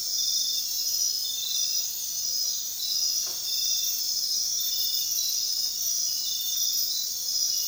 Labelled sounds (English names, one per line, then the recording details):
none
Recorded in dense forest near Puerto Asís, Putumayo, Colombia, on 19 February 2024 at 03:30
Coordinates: 0.466, -76.327
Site G6413